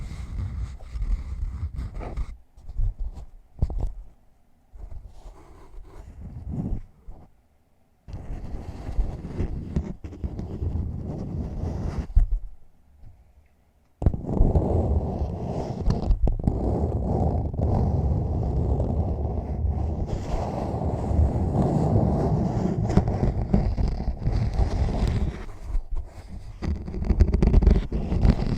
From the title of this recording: Tingly Mic Scratching